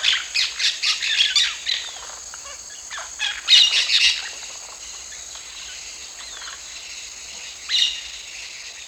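Tui parakeet calls, a quick series of harsh, shrill squawks over the first two seconds, a louder cluster around three and a half seconds, and one more near the end.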